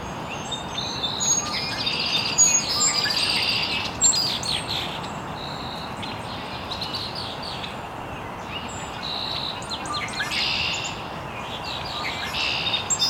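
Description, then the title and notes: Birds chirping together, busy high twitters and trills layered from many birds, with a steady background hiss throughout. Birds chirping very early in the morning in an estuary. "Birds Chirping in the Early Morning. Original sounds of birds chirping very early in the morning in an estuary"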